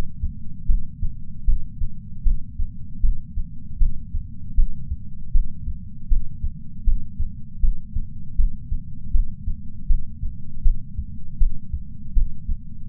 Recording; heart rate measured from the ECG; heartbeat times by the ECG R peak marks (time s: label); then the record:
heart sounds by patch sensor on the chest; 79 bpm
0.65 s: heartbeat
1.44 s: heartbeat
2.22 s: heartbeat
3.00 s: heartbeat
3.77 s: heartbeat
4.54 s: heartbeat
5.31 s: heartbeat
6.07 s: heartbeat
6.83 s: heartbeat
7.59 s: heartbeat
8.35 s: heartbeat
9.10 s: heartbeat
9.86 s: heartbeat
10.62 s: heartbeat
11.37 s: heartbeat
12.13 s: heartbeat
12.88 s: heartbeat
From the record:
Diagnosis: coronary artery disease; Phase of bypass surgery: intraoperative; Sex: male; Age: 57 years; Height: 175 cm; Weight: 71 kg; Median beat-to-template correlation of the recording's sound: 0.90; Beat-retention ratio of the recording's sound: 0.98